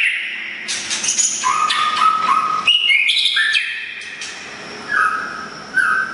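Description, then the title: Oriental magpie-robin giving a rich mix of whistled and scratchy notes, some steady tones and quick rising phrases, continuous throughout. "kacer"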